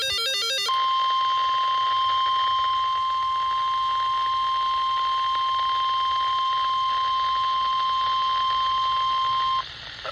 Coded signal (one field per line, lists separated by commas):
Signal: Emergency Alert System (SAME) tones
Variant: 1050 Hz attention tone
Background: music